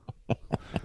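An adult turns away and gives a massive cough: a quick run of four loud, low-pitched bursts.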